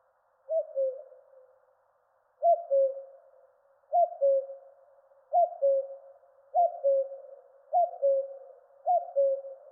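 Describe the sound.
Cuckoo giving its falling two-note cu-coo call seven times, a longer pause after the first call, then a steady rhythm about every 1.2 seconds, otherwise silent.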